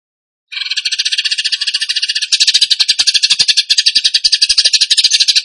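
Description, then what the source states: Bird song of rapid, harsh, high buzzy pulses, running steadily and growing louder after about two seconds. Song in the 'tembakan gacor' style, used to train other birds.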